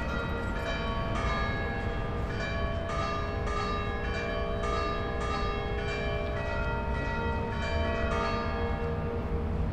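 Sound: church bell ringing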